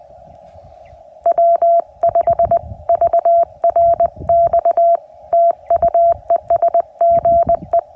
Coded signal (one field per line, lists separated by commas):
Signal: Morse code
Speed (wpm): 20 wpm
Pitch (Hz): 680 Hz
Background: none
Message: W5VRX TU ES GE